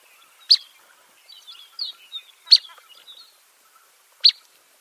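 Bird calling with three sharp high chirps, with softer twittering notes between and just after the first two, otherwise quiet.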